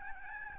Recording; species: mosquito wingbeat signal from an infrared sensor; Aedes albopictus